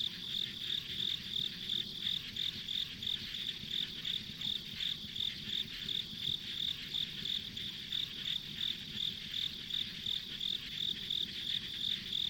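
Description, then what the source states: Insect chorus of high, ringing chirps repeated rapidly and steadily throughout, about three per second, over a quiet rumbling background. Insects as ambient sound on a country road in the countryside.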